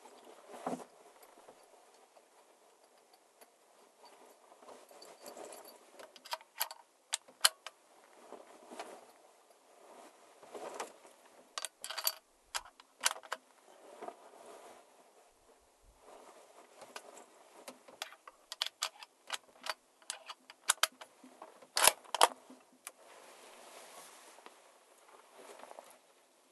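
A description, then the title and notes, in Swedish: Unpacking and preparations at an elk tower: irregular clicks, clatter and rustling in scattered bursts, busier from about six seconds onward, over quiet hiss. Ljuden av älgjakt. Första promenaden, första uppackningen och förberedelserna man gör när man kommer till ett älgtorn.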